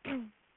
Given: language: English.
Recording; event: throat vibration sensor signal played as sound; throat clearing